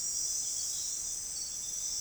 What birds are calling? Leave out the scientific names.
none